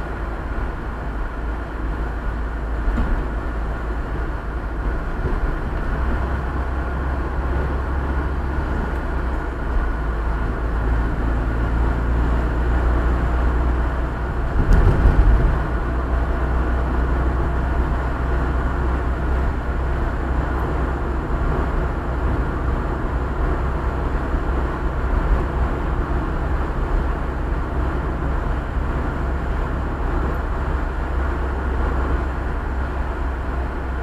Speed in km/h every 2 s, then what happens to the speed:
55, 54, 53, 52, 53, 53, 56, 59, 59, 61, 61, 63, 64, 64, 64, 65, 63.
0-6 steady at about 53. 6-21 speeds up to 63. 21-34 steady at about 64.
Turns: none.